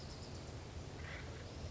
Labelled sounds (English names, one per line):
Acorn Woodpecker